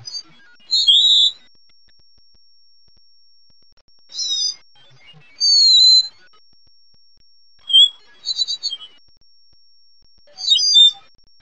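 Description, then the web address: Lesser goldfinch flight calls: several short high whistled notes, some sliding downward, spaced a few seconds apart in near silence, with a faint steady high tone between them. Nocturnal flight call. "birdvocs nwcal LEGO"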